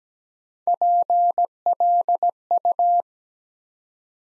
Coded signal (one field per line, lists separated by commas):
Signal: Morse code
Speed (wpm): 17 wpm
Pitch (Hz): 700 Hz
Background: none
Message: PLU